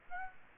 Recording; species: mosquito wingbeat signal from an infrared sensor; Aedes aegypti